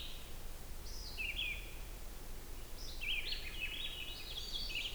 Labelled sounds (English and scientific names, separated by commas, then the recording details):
Red-eyed Vireo (Vireo olivaceus) song
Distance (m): 45 m
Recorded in boreal forest in Alberta, Canada, on 16 June 2016 at 08:44
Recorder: SongMeter 3, array SBT-3-32
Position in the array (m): 48 m, 11 m